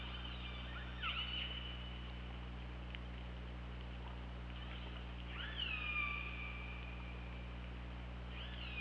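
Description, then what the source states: Killer whale calls, tonal harmonic sweeps that swoop down and then hold steady, spaced several seconds apart, the last cut off at the end, over constant low hum. OrcaLab hydrophone, 24 August 2017, 21:26.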